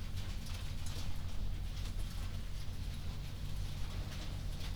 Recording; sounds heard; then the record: poultry house recording; no chicken sound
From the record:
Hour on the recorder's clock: 0